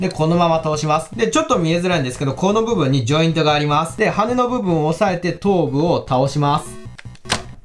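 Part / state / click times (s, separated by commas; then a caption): robot head folding onto the body joint of a transforming toy / seated / 7.3 s. Someone talks while holding the wing section of a plastic combining robot toy and folding the robot's head down onto a body joint during its transformation, with music in the background. After the talking stops, there are a few small handling sounds, and then a sharp click at 7.3 seconds as the head locks in place.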